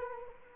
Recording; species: mosquito wingbeat signal from an infrared sensor; Culex quinquefasciatus